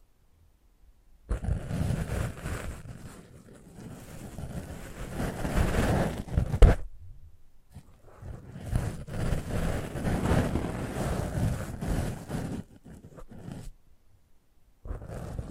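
Rustling, rubbing treatment sounds on a microphone, thick and low-heavy, swelling and fading in long sweeps. Quiet gaps open near the start, around seven to eight seconds, and before the end, with a sharp tap just before seven seconds.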